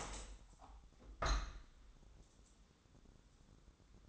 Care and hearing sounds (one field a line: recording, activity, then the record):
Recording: daily activity, microphone in the room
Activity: open window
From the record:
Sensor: 3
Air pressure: 1000.4 hPa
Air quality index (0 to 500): 157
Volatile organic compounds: 3 ppm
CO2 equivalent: 1360 ppm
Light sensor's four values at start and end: 13/34/13/15 and 14/36/14/16